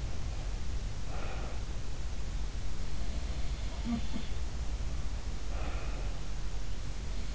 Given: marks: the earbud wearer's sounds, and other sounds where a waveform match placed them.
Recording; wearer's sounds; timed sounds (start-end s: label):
sounds in sleep by an in-ear microphone; breath
0.98-1.71 s: breath
3.47-4.27 s: sound from someone else or the room
5.38-6.14 s: breath